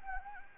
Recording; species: mosquito wingbeat signal from an infrared sensor; Anopheles gambiae